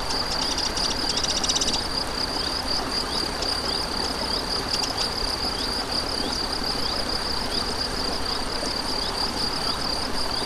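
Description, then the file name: Crickets chirping in a steady high continuous trill with pulsed accents, a brief denser burst near two seconds, over a constant rushing stream. Crickets beside a stream, 7 May 2014, recorded on an MZ-N710 recorder. "Ruisseau et grillons 7 05 14"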